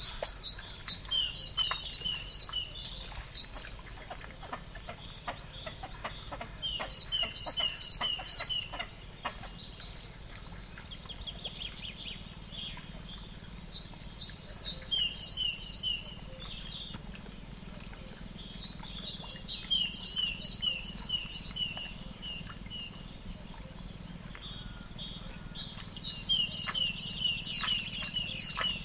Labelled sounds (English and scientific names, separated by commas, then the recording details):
Great Tit (Parus major)
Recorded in the wild
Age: adult
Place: Ossiach, AT
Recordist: Brunner, Thomas